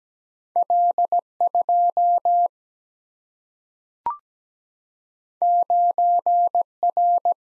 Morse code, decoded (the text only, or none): L 2 9 R